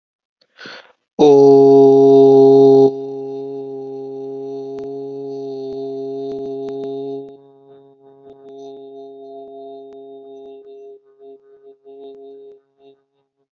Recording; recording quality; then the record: sustained vowel as in boot; excellent, no background noise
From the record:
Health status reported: healthy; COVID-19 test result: negative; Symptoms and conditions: none ticked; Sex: male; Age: 18 years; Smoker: not ticked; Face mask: worn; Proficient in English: yes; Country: India